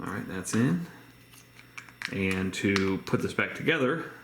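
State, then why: Not seated. Someone talks while handling the two plastic halves of a 2009–2015 Ford key fob shell after putting in a new battery, with a few faint handling ticks around 1.6 to 1.9 seconds. Nothing has seated or clicked yet; the halves are not yet snapped together when the clip ends.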